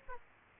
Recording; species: mosquito wingbeat signal from an infrared sensor; Aedes aegypti